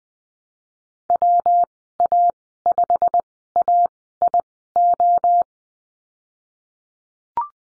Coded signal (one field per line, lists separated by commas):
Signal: Morse code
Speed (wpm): 19 wpm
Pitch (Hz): 700 Hz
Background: none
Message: WA5AIO